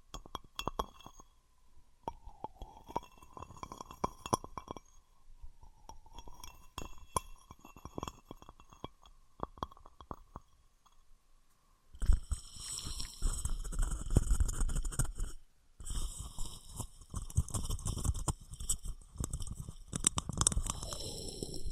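Materials are rubbed and handled, glass among them: for the first twelve seconds a wavering squeak hovers at one pitch, dotted with small clicks. Then a louder, dense, crackly scraping with bright hissy edges takes over, pauses briefly near fifteen seconds, and resumes.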